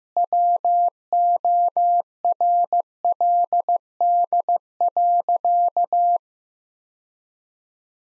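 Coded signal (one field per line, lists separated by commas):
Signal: Morse code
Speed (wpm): 15 wpm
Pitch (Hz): 700 Hz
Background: none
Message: WORLD.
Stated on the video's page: Morse practice drill at 15 wpm of sentences containing common five-word phrases, each sentence sent twice for head-copy.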